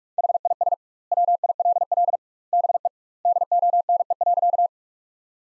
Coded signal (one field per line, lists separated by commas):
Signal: Morse code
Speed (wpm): 41 wpm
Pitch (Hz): 700 Hz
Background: none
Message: HIS WILL BE DONE.